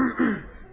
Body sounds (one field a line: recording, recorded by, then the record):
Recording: voluntary cough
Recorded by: telephone call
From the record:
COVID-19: positive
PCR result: checked with the laboratory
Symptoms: no